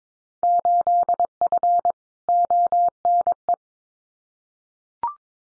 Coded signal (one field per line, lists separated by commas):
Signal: Morse code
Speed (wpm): 22 wpm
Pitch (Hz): 700 Hz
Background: none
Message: 8F ONE